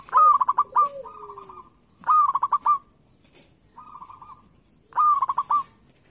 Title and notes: Kicau Perkutut Lokal 1. Kicau Burung Perkutut